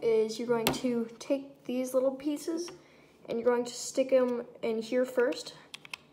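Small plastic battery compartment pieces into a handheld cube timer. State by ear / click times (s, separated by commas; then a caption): not seated / none. Someone talks while holding the small plastic battery-compartment pieces of a handheld cube timer, after new batteries have gone in, and begins pushing them into place. A few brief, faint ticks of handling come near the end, around 5.8 to 5.9 s. Nothing has seated or clicked yet.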